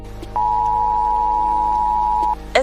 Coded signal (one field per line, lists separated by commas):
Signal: Emergency Alert System (SAME) tones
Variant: 853 and 960 Hz attention tone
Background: music